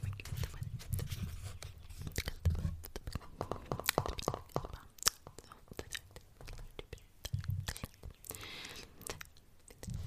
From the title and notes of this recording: There are quite a bit of mouth sounds, and I also added in random triggers I’ve been wanting to try out.